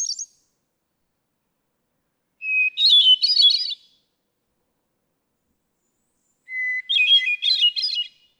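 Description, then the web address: Hermit thrush: the end of one phrase, then two spaced song phrases about four seconds apart, each a pure sustained introductory note followed by a spiralling burst of flute-like trills. "birdsongforthecurious songs Hermit Thrush"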